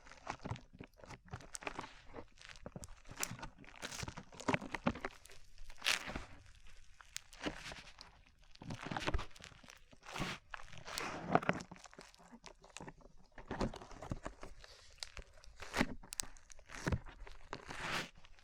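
Slime being squeezed and stretched gives wet crinkling, crunchy pops and squelches in irregular bursts, with brief bright crackles throughout and quiet gaps between.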